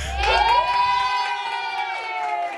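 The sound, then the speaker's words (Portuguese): A crowd cheers loudly for a few seconds, many voices holding a sustained, high-pitched whoop, with a low rumble under the start that drops away. “Tá aplaudindo o quê, filha da puta?”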